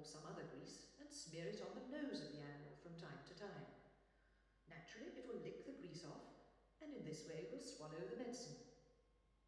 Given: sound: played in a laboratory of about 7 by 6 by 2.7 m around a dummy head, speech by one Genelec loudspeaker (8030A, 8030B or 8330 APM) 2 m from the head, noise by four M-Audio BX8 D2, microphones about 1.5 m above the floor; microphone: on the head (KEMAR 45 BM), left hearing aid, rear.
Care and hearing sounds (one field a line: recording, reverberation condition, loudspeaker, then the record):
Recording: female speech in English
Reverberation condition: high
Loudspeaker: 60 degrees to the left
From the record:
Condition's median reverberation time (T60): about 1300 ms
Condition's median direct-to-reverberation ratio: about -4.0 dB